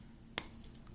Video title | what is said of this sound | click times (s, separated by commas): How to open GoPro 7/8/9/10/11 Battery Cap or Cover -- #gopro #goprohero | after moving upwards the you can hear a click then you can see the battery inside | 0.4 s